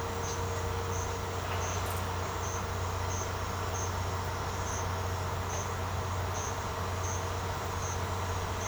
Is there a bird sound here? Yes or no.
no